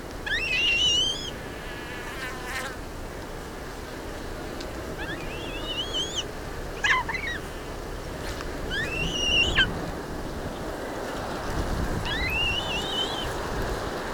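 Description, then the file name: Black-breasted buzzard uttering thin, high whistles, several wavering or falling at the end, repeated at irregular intervals against a background hiss. "Hamirostra Melanosternon"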